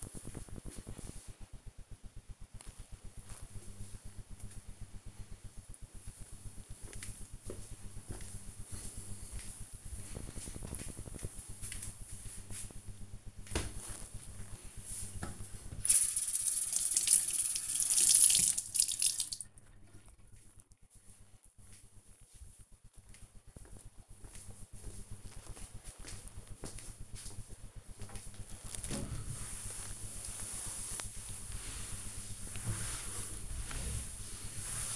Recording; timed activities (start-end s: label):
household activities, microphone on the right wrist
13.36-34.96 s: cleaning table